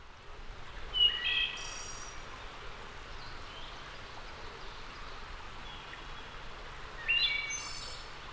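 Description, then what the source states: Wood thrush song: two fluty, liquid phrases near one and seven seconds, each ending in a high, buzzy flourish, over steady soft hiss. Returning wood thrush.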